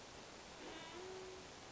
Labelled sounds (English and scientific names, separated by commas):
Band-tailed Pigeon (Patagioenas fasciata)